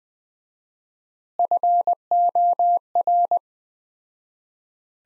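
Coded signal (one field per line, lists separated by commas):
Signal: Morse code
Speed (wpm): 21 wpm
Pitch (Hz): 700 Hz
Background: none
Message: FOR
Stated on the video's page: Morse practice at 20 wpm: sentences from the top 500 words with 4x standard word spacing, a word-level analogue of Farnsworth spacing.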